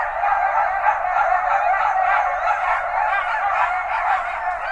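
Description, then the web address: Coyote chorus of overlapping, quavering yips and yowls, steady and loud throughout without pause. Several coyotes recorded on 20 January 2012. "sounds mammals Coyote 2012 01 20 Coyotes"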